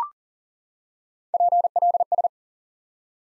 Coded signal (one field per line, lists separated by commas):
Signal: Morse code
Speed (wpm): 37 wpm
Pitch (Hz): 700 Hz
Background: none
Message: PLS